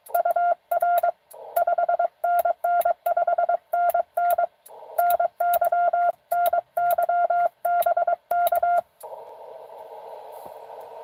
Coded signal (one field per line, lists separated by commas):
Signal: Morse code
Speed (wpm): 22 wpm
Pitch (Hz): 690 Hz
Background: radio noise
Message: UR 5NN 5NN NY NY BK